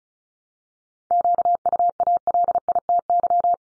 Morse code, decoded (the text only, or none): QUALITY